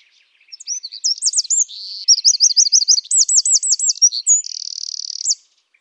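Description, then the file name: Eurasian wren song, a fast, loud, high-pitched run of varied notes, repeated looping phrases and a dry trill, lasting about five seconds. "Troglodytes troglodytes"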